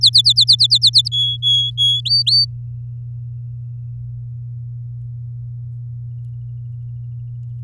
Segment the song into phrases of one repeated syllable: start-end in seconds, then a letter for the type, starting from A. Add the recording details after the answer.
0.01-1.09 A, 1.12-2.01 B, 2.05-2.45 C. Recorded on 8 May 2018 at 17:00. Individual llb16